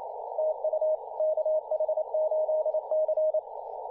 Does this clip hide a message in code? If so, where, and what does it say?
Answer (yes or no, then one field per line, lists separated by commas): yes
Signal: Morse code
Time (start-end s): 0.4-3.4 s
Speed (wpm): 27 wpm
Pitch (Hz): 620 Hz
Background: radio noise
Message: TU KH8C